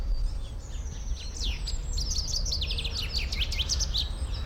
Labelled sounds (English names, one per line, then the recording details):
Common Chaffinch
Eurasian Blue Tit
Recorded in the wild
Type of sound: song, call, call sequence, twittering
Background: Cyanistes caeruleus
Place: Tierpark Berlin, Berlin, DE
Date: 1993-03-13
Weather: 5-12 °C, heiter
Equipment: Marantz CP 430, Sennheiser ME 80, Kopie Uher Variocord 263
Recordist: Tembrock, Günter
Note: 2 Strophen, freifliegender Vogel